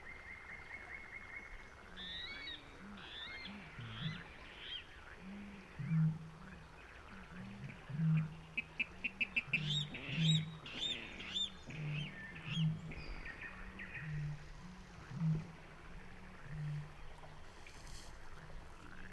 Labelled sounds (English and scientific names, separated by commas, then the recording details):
Water Rail (Rallus aquaticus)
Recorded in the wild
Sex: male
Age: adult
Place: Kützerhof, Kummerower See, Mecklenburg-Vorpommern, DE
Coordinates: 53.8469, 12.885
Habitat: wetland
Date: 2008-05-15
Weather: klare Nacht, zunehmender Halbmond, 10°C, windstill
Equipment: Sound Devices 702, Sennheiser MKH 70, Windkorb
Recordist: Frommolt, Karl-Heinz